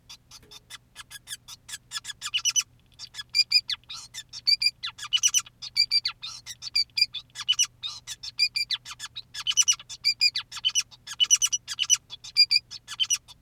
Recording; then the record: song of a male Bengalese finch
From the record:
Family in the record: son of father 2, and himself father 5